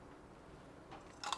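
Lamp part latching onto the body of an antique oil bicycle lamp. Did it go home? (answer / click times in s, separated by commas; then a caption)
no / none. A part is being fitted onto the metal body of a 100-year-old antique kerosene bicycle lamp while it is reassembled after filling, to be latched at the back. A quiet stretch of faint handling noise leads to a soft rustle near 0.9 s, then short, sharp contact sounds at about 1.2 s and 1.3 s. Nothing has seated or clicked into place yet.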